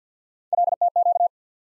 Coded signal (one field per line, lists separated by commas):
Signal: Morse code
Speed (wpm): 50 wpm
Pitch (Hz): 700 Hz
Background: none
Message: LTQ